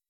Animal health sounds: hydrophone in a shrimp aquaculture tank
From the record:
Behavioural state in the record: weakened

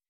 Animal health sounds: hydrophone in a shrimp aquaculture tank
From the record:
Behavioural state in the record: weakened

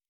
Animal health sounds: hydrophone in a shrimp aquaculture tank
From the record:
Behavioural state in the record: normal

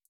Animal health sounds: hydrophone in a shrimp aquaculture tank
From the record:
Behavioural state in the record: feeding

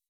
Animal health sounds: hydrophone in a shrimp aquaculture tank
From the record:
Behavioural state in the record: weakened

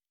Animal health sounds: hydrophone in a shrimp aquaculture tank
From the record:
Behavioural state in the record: normal

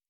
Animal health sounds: hydrophone in a shrimp aquaculture tank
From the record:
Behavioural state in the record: normal

